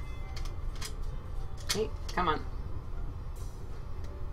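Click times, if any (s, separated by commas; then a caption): none. An internal part of a 3D-printed dart blaster is handled and pressed back toward its place in the shell while someone talks. Faint taps and brief handling scrapes occur around 0.4, 1.7 and 2.2–2.4 seconds. Nothing has seated or clicked into place yet.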